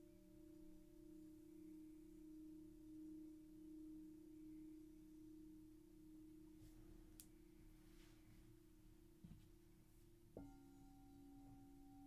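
Singing bowls hum in long, steady low tones that hang through the whole stretch, with a faint higher ring layered above. A few soft taps and a brief shimmer come in around the middle, and near ten seconds a new bowl is struck, shifting the pitch upward.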